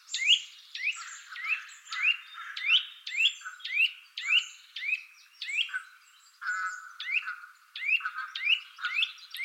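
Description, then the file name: Eurasian nuthatch gives rapid rising whistled notes almost twice a second, broken midway by a few lower, nasal buzzy notes before the whistles resume. "Sitta europaea"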